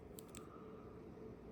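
A second plastic chest armor piece is pressed onto the torso of a Mafex Robocop (reissue) action figure to see if it clicks into place. Two faint, brief plastic ticks at about 0.2 and 0.4 seconds sit over a steady low hum. Nothing has clicked or locked yet; the piece just sits on and comes off easily, the same problem as before.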